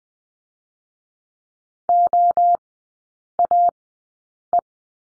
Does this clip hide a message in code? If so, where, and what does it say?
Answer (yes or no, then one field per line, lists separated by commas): yes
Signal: Morse code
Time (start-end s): 1.9-4.6 s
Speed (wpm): 20 wpm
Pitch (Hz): 700 Hz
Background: none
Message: OAE